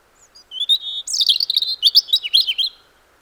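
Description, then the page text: European robin song: a thin high note, then a rapid jumble of sweet, tinkling, trilled phrases wavering up and down, lasting about two seconds, with no other sounds. "European Robin Song. Quick Sounds"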